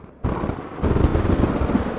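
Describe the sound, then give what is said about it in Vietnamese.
A sudden, loud thunder clap bursts in the night sky after a quiet moment, amid a storm with lightning, then swells again into a heavy, crackling rumble that keeps rolling without fading. No voices are heard. “Một tiếng sấm động giữa trời đêm ngay vào thời điểm này khiến cho gia đình tôi thêm phần sợ hãi.”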